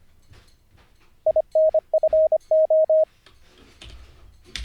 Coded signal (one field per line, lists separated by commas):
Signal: Morse code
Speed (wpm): 25 wpm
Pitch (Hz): 630 Hz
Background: none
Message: INFO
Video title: How to Learn Morse Code (Day 45)